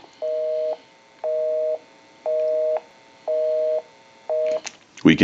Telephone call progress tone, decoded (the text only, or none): busy tone